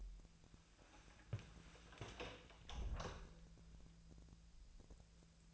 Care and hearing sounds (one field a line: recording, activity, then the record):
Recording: daily activity, microphone in the room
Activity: close door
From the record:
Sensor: 2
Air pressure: 1000.3 hPa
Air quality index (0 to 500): 170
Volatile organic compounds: 3 ppm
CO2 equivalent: 1410 ppm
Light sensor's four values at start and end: 10/25/10/11 and 10/24/10/11